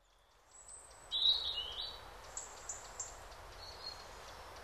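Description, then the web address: Bird song opening with a loud high warbled phrase, followed by several thin, very high notes spaced about a second apart, over a quiet hiss. Birds singing in a calm forest by day. "spokoynyy les dnyom poyut ptitsy"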